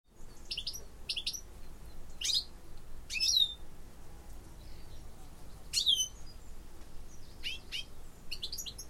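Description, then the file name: European goldfinch calls: bright, twittering notes in short bursts several times throughout, over faint low background rumble. "Carduelis carduelis"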